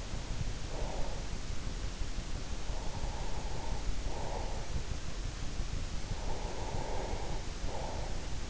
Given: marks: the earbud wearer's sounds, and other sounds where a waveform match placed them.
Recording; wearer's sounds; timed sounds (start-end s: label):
sounds in sleep by an in-ear microphone; breath
0.44-1.87 s: breath
2.46-4.93 s: breath
5.90-8.50 s: breath